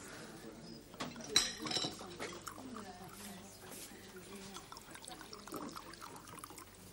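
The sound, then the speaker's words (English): Wine glugs and trickles into glasses, with a bright clink of glass early on and soft clatter of tableware, while voices murmur faintly underneath. “Who wants to taste? You're the expert, pet. I let it breathe?”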